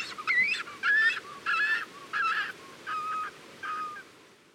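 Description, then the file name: Cormorant calls: a rapid series of nasal honks, the first ones rising, fading toward the end. Several cormorants recorded at the nest. "CORMORANS AU NID"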